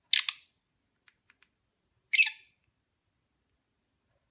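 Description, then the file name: Lovebird chirps, two harsh bursts at the start and another near two seconds, with faint clicks between and a third burst cut off at the end. Mating ritual sounds of lovebirds. "suara ritual kawin lovebird omkicau"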